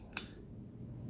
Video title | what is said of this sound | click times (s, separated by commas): This Elegant, Dual Flame Lighter With Two Torch Flames & A Soft Flame Belongs In A Movie! See Why... | that click and then | 0.2 s